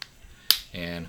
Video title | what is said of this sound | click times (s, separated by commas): Fuse Lenses - Custom cut shipment and return process review for 2 new pairs of Oakley lenses. | into position and then push down and hear a little snap | 0.5 s